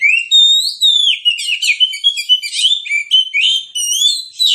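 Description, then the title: Oriental magpie-robin song, a rising whistle followed by continuous energetic chatter of sharp, varied notes and trills without pause. Kacer in fighting mood, persistent full-volume song; also presented as relaxed therapy song for magpie-robins reluctant to sing. "Kacer Langsung Tarung Konslet KACER NGOTOT FULL TEMBAKAN. Kicau Kacer santaiterapi Kacer males bunyi"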